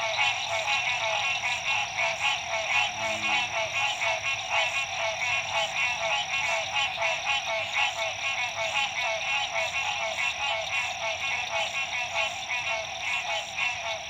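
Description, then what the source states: Frog chorus, dense overlapping trilled calls pulsing roughly twice a second, with a steady high whine running throughout. Frogs at dusk, La Rue PH, Illinois.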